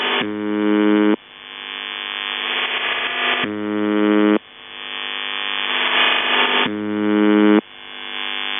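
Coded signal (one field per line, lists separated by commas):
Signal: channel marker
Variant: UVB-76, CIS-12 modem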